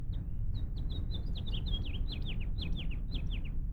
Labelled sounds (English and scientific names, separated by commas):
House Finch (Haemorhous mexicanus) song